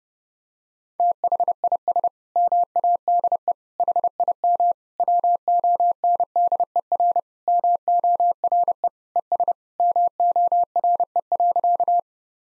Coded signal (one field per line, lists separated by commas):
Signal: Morse code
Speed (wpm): 30 wpm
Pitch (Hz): 700 Hz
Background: none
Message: THIS MADE HIM WONDER MORE ES MORE.